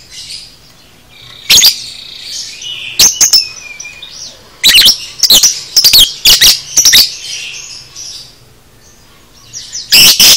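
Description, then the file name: Lovebird song of rapid, harsh shrieking chirps in quick runs, mixed with twittering and a short descending whistle. Masteran song for training cage birds. "masteran lovebird paud"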